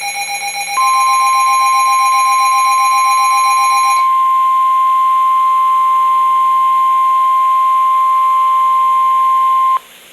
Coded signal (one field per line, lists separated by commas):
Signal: Emergency Alert System (SAME) tones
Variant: 1050 Hz attention tone